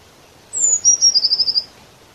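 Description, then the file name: Eurasian blue tit giving a high, thin descending opening note that runs into a rapid trill of several ticking notes; little else audible. "Cyanistes caeruleus"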